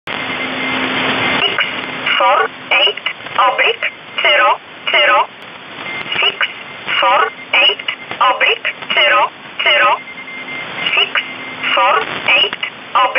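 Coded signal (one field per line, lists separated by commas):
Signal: numbers station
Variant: E11 Oblique, English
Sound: a voice reading short evenly spaced words, likely numbers, over a faint steady whine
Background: radio static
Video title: 30 05 2019 E11 Oblique Numbers station in English 1900 on 7600 unknown tx site in USB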